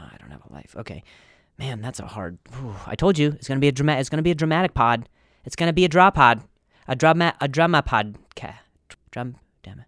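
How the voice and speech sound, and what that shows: A man speaking casually gets stuck on the word "drama," restarting it several times ("draw… drama… drum") with pauses and a hard vocal attack before giving up. These repetitions and blocks are typical of stuttering.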